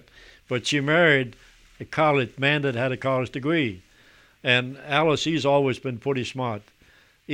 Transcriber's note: none